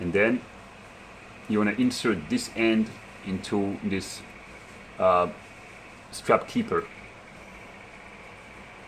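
The free end of a Waldhoff Quantum watch strap is threaded into the strap keeper of its folding clasp, before the clasp is pressed shut, while someone talks in short bursts over a low steady hiss. Nothing has clicked or locked yet; the clasp is still open.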